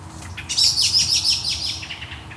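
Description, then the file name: Common blackbird calling: a loud, rapid burst of sharp, high chattering notes that slows and fades over about two seconds. "Turdus merula"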